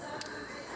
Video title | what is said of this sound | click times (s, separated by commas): Vauxhall Vivaro 2 0 CDTI Turbotune tuning box fitting guide | must go to the latch and you'll hear it click. | 0.2 s